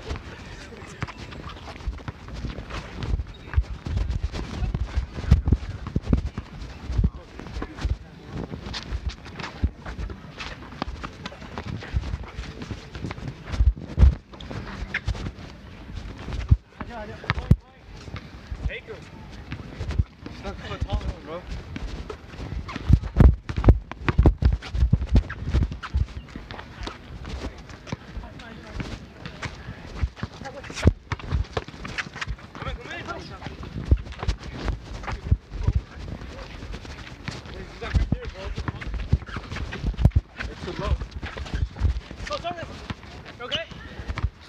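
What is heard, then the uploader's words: Basketball on an outdoor park court: sneakers and ball bounces thump irregularly, with voices talking and calling throughout over a low city rumble. Basketball at Sunset Park, Brooklyn.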